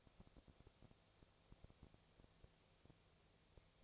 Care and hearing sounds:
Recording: daily activity, microphone in the room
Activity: no activity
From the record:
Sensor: 1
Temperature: 19.8 degrees Celsius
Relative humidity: 37.9%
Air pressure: 998.8 hPa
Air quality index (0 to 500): 232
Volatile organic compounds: 132 ppm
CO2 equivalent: 3938 ppm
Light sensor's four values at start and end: 1/2/1/1 and 1/2/1/1

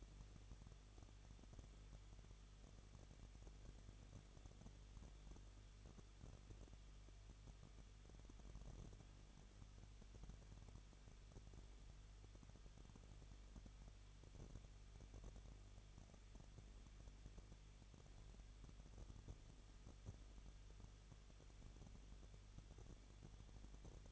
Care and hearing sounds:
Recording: daily activity, microphone in the room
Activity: no activity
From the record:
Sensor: 4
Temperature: 23.1 degrees Celsius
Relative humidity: 34.0%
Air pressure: 1007.2 hPa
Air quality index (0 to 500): 216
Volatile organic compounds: 15 ppm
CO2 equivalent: 2489 ppm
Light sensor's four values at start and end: 2/3/1/1 and 2/3/1/1

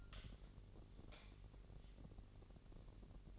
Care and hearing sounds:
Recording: daily activity, microphone in the room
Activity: light on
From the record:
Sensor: 4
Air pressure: 1012.7 hPa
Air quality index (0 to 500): 246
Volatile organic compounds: 4 ppm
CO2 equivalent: 1675 ppm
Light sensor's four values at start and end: 15/34/14/14 and 17/44/17/19

